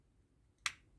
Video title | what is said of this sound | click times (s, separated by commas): MazingaZ uscita N 19 Hachette. Montaggio del braccio sinistro con le rampe dei 6 missili perforanti. | en hoor je de klik, | 0.7 s